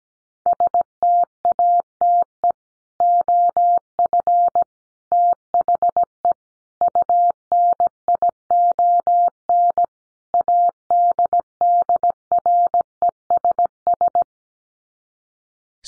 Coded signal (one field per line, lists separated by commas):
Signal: Morse code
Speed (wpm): 17 wpm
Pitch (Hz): 700 Hz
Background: none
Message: STATE OF THE UNION ADDRESS